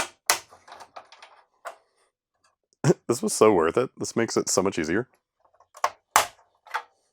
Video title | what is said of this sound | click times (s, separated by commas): Resurrecting an IBM PS/2 Model 50Z | Looks like you're supposed to pop it maybe two clicks. | 0.3 s